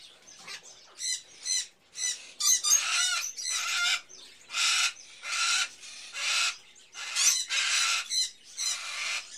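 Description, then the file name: Birds giving harsh raspy bursts and squawks, roughly one a second, with thin chirps between. Various birds in a pet shop, ambience. "Sound Ideas 2000 Series - Birds, Various Birds In A Pet Shop, Ambience"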